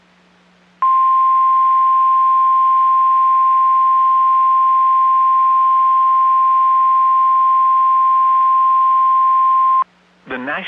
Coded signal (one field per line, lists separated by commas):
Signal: Emergency Alert System (SAME) tones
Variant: 1050 Hz attention tone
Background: speech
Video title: NOAA Weather Radio - EAS Doubleheader SVR & Special Marine Warning [EAS #258-#259] (7/25/22)